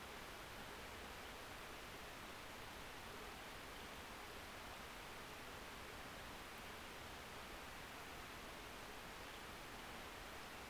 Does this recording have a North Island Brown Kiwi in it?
no